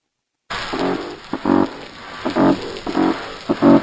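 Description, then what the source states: Blackspotted croaker croaks: several short, deep grunting bursts with a buzzy, pulsed texture over a steady hiss. Played example; described as aggressive-sounding; croakers are named for the croaking sounds fishers knew they made.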